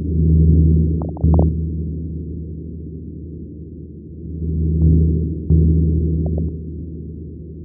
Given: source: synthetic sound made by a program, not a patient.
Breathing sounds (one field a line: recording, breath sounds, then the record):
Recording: synthetic breath sounds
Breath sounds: fine crackles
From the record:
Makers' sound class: crackles